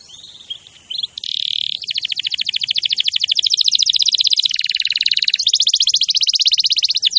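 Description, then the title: Canary pouring out a long, rapid, high trill after a few short opening notes, the rattling phrase changing pitch briefly midway and running on to the end. Champion canary song, used as a master to train other birds. "Masteran Kenari Juara"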